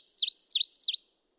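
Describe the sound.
Ovenbird giving a brief burst of three loud, high two-part phrases in quick succession, cut off cleanly after about one second.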